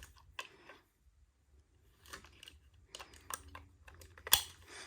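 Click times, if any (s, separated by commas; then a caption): 4.3 s. A power plug from a Weeylite Sprite 20 RGB LED light kit is pushed into its socket on the small light. Several small handling clicks and rustles come first. A sharp, loud snap at 4.3 s shows the plug has seated in place.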